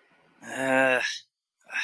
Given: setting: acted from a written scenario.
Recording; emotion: vocal sound without words; embarrassment